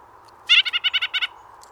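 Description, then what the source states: White-breasted Nuthatch call: a quick run of about eight nasal, laughing notes, evenly spaced over less than a second, then quiet. Distinctive call likened to a baby's laughter.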